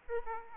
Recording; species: mosquito wingbeat signal from an infrared sensor; Aedes aegypti